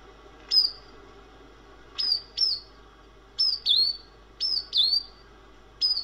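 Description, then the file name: Bird calls: sharp, high, downward-slurred notes, given singly or in quick pairs about every second, with a low steady hum underneath. "vogelstimmen"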